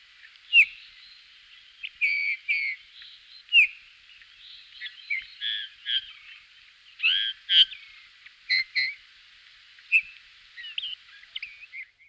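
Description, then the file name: Eurasian bullfinch song of soft, scattered whistled notes and short creaky phrases, quiet against a still background. "gimpel"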